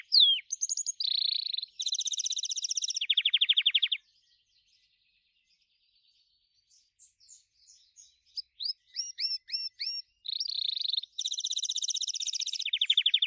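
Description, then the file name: Gloster canary song with fast buzzy trills and rattling rolls, a pause of near silence, then repeated sweeping notes and more rapid trills. "canto do canario gloster"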